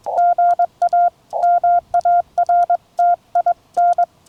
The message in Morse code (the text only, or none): GA MARTIN